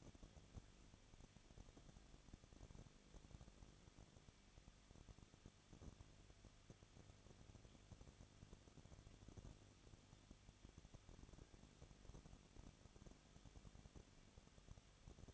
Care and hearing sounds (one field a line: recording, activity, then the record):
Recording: daily activity, microphone in the room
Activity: no activity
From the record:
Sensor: 4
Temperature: 23.1 degrees Celsius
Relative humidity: 34.3%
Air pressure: 1007.2 hPa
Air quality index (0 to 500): 216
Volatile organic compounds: 15 ppm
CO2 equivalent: 2500 ppm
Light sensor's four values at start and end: 2/3/1/1 and 2/3/1/1